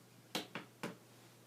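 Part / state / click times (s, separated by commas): detachable game controller sliding off a handheld console's side rail / released / 0.4 s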